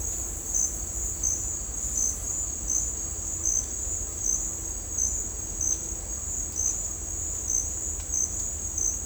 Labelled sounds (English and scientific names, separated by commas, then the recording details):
none
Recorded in dense forest near Puerto Asís, Putumayo, Colombia, on 18 December 2024 at 09:30
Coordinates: 0.466, -76.327
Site G075